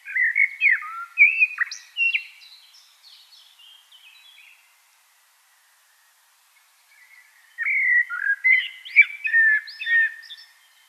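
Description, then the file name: Common blackbird singing two lively phrases of mellow whistles and scratchy high twitters, with a long silent pause in between. "Turdus merula"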